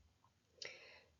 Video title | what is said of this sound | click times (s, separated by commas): 수정알지네이트 동영상2 | 딸깍 하는 소리가, 락킹되는 소리가 들려야 됩니다. | 0.6 s